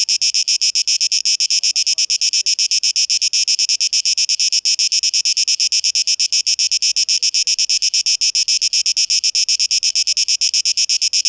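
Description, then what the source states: Cicada song of dense, fast-pulsed high buzzing that stays even and continuous from start to finish. Recorded 12 August 2023; tape-echo-processed mix.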